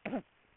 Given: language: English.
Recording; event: throat vibration sensor signal played as sound; cough